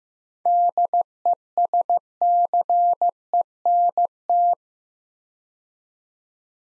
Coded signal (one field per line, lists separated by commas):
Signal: Morse code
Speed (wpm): 15 wpm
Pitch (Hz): 700 Hz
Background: none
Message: DESCENT